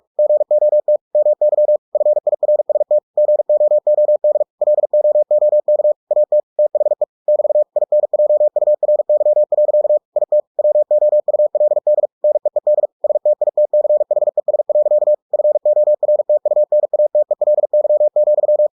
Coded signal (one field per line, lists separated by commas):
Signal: Morse code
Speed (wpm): 46 wpm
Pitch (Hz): 600 Hz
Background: none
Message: GOT MY FIRST GOOD LOOK AT THE <BT> INJURY. IT WOULD NEED STITCHES. FORTUNATELY,